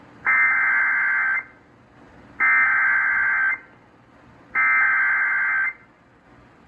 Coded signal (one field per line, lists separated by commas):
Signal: Emergency Alert System (SAME) tones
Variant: header bursts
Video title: The last of fall's floods - EAS Alerts from 10-25-23 [EAS #439-450]